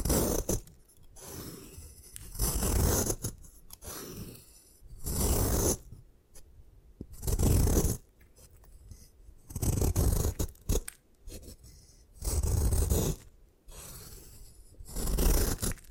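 Gym chalk being crushed and scraped in repeated gritty bursts about every two seconds, each a loud crunchy rasp followed by brief quiet.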